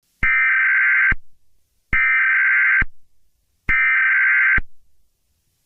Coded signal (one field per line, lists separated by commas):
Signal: Emergency Alert System (SAME) tones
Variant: header bursts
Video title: Eas scenario - the sun is huge